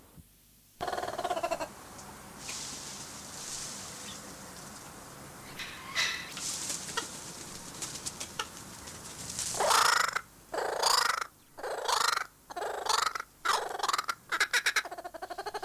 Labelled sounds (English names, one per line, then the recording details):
Laughing Kookaburra call
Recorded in captivity
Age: adult
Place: Zoo Halle, Sachsen-Anhalt, DE
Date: 2003-10-16 16:00
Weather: heiter, ca. 5-6°C
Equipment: Fair Mate ST-1328 (Asahi Electronics, Japan), Sennheiser ME 80, Kopie Uher 4000 Report Monitor
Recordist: Tembrock, Günter